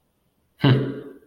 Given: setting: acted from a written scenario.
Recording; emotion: vocal sound without words; neutral